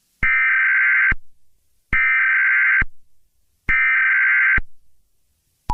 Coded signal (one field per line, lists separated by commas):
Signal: Emergency Alert System (SAME) tones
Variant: header bursts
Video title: EAS Mock: Eros